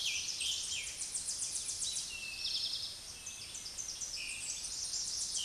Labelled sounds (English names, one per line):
Eastern Towhee song